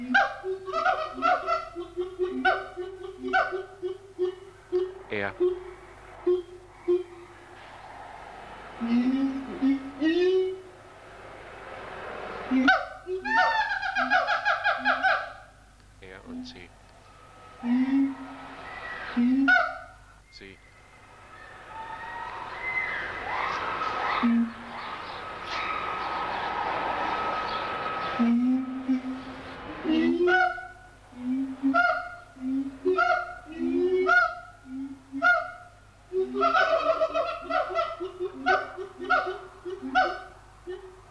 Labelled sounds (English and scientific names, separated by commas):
Siamang (Symphalangus syndactylus)